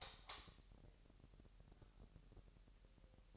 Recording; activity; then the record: daily activity, microphone in the room; light off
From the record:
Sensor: 3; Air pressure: 1001.9 hPa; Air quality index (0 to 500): 244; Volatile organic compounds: 46 ppm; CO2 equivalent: 3247 ppm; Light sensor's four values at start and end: 11/30/13/12 and 6/13/5/5